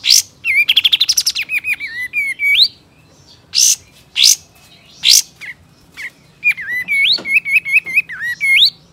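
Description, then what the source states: Sooty-headed Bulbul: a loud harsh burst and a fast rattling series, then more harsh bursts and quick repeated whistled notes that rise and fall. Male.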